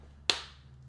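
One corner of a clear Supcase UB Air Mag case is pressed over a black titanium iPhone 15 Pro Max, giving a sharp, bright click at 0.3 s that rings briefly before fading, with a faint low thump near 0.9 s. The corner snaps home and is seated, judged a good click.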